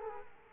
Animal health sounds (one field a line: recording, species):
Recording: mosquito wingbeat signal from an infrared sensor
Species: Culex quinquefasciatus